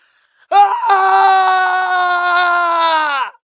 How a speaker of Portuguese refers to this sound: Malfoy soltou um grito terrível e fugiu, seguido por Canino.